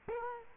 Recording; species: mosquito wingbeat signal from an infrared sensor; Culex quinquefasciatus